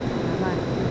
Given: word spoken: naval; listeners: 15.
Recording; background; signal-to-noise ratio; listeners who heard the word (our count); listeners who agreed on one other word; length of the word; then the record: one Spanish word in noise, from a listening test; speech-shaped noise; -6.1 dB; 0 of 15; 6 of 15; 0.51 s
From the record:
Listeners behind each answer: 6, 2, 1, 1, 1, 1, 1, 1, 1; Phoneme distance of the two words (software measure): 27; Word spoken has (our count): 2 syllables, 5 phonemes, stress on syllable 2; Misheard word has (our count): 2 syllables, 4 phonemes, stress on syllable 2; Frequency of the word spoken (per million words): 14.24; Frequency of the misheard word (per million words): 12.41